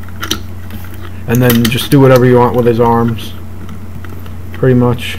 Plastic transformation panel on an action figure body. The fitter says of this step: Push that up and it clicks into place.